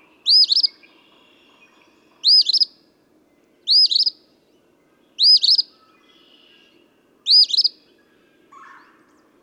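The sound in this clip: Eastern phoebe singing short, raspy two-part phrases that sweep up and down, five phrases in fairly quick succession, with the start of another at the very end.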